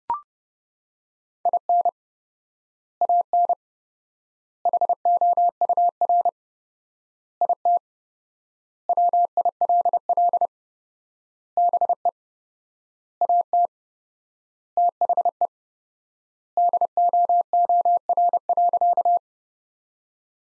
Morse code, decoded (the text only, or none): IN AN HOUR IT WILL BE AT THE DOOR.